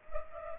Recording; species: mosquito wingbeat signal from an infrared sensor; Culex pipiens